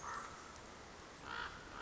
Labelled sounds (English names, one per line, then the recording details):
Common Raven
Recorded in Sonoma County, California